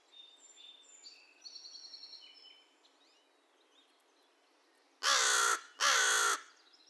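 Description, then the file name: American crow: faint songbird whistles and chirps at first, then an American crow gives two loud, harsh caws near the end. Recorded 2 May 2020; the recording holds 22 caw-caws and one caw. "2020-05-02 American Crow cawcawsandonecaw"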